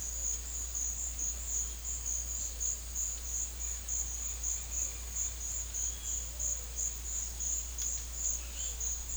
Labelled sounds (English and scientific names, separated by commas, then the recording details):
none
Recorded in secondary vegetation near Puerto Asís, Putumayo, Colombia, on 9 March 2025 at 17:00
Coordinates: 0.498, -76.327
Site G001